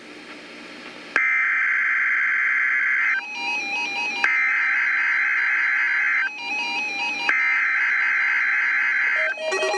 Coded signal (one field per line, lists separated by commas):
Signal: Emergency Alert System (SAME) tones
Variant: header bursts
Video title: Required Weekly Test - 08/05/15 (EAS #971)